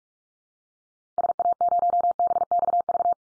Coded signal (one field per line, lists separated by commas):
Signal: Morse code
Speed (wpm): 44 wpm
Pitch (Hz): 700 Hz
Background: none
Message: SA0BXV